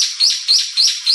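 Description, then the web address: Brown-eared bulbul calls, four short high chirps in quick succession, each a quick rising then falling note. "birds hiyodori"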